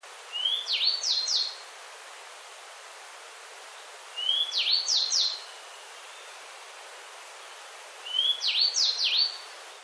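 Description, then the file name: Grey bunting song, a short phrase of a thin rising note followed by sharp high descending slurs, repeated about every four seconds over steady background hiss. "kuroj"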